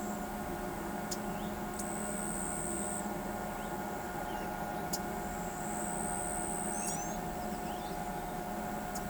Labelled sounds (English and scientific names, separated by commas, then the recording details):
none
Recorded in pastures near Pivijay, Magdalena, Colombia, on 16 April 2023 at 06:00
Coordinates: 10.456, -74.369
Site P6-G026